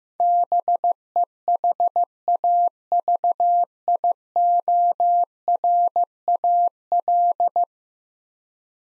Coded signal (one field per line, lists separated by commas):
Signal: Morse code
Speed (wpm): 15 wpm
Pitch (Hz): 700 Hz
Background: none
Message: BEHAVIORAL